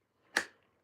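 A plastic dust-collection port adapter is pushed onto a sander's dust outlet and seats with a single sharp snap at 0.4 s. The bright, broadband click rings briefly and fades out within about a quarter second, leaving the adapter clicked in place.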